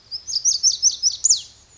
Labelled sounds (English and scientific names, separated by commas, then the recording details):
Lazuli Bunting (Passerina amoena)
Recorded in Sonoma County, California